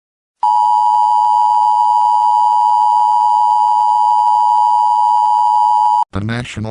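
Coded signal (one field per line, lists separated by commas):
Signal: Emergency Alert System (SAME) tones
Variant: 853 and 960 Hz attention tone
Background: speech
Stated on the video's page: Valid EAS tones used in a fictional permanent solar eclipse scenario.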